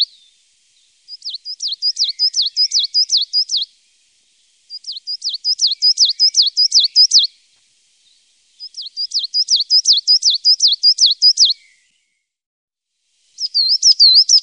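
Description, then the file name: Coal tit singing bursts of rapid, high see-saw notes: three full bursts of a few seconds each and the start of a fourth, with short gaps between them. "Svartmes"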